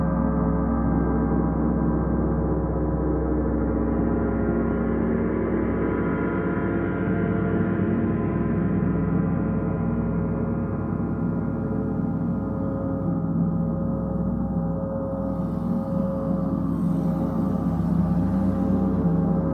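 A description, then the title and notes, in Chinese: A gong bath: a dense, sustained gong wash hums without pause, its many low tones layered and shimmering with slow beating. The loudness stays level throughout, and the upper ringing gradually rises and falls, thinning to a darker rumble near the end. 銅鑼浴Gong Bath。這段銅鑼音波是以iPad內建麥克風錄製而成。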